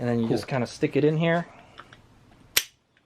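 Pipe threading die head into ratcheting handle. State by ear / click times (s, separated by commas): seated / 2.6 s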